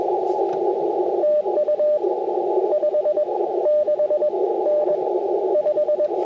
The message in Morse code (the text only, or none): TU 56N 5